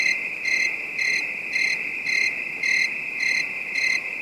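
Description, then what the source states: Cricket chirping in short high bursts roughly every half second over continuous shrill insect noise. Calm, distant night bed of high-pitched crickets.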